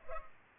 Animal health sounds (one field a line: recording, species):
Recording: mosquito wingbeat signal from an infrared sensor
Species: Culex pipiens